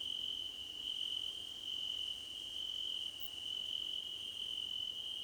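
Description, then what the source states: A chorus of crickets keeps up a steady, shrill, high trill. Crickets in a choir competition.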